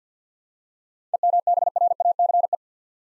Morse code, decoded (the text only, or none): EMBRACE